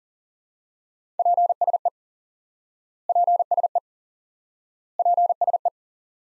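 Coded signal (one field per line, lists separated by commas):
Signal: Morse code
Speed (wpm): 40 wpm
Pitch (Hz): 700 Hz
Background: none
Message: PSE PSE PSE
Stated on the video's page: High-speed QRQ Morse lesson drilling one common QSO element repeated, for instant word recognition.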